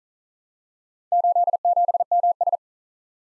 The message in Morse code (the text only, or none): 87MS